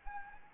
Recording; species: mosquito wingbeat signal from an infrared sensor; Anopheles gambiae